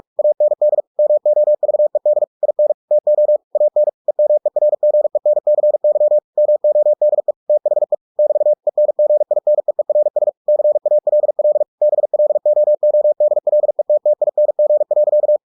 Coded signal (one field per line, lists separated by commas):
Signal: Morse code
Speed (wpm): 46 wpm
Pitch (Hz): 600 Hz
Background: none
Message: AND MOVED IN TO AN EMERGENCY MODE THE <BT> ENGINEERS CALL BLOODLETTING.